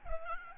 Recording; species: mosquito wingbeat signal from an infrared sensor; Aedes albopictus